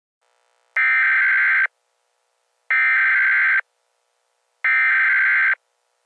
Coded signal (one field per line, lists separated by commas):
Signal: Emergency Alert System (SAME) tones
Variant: header bursts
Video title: EAS scenario- NASA’s black hole.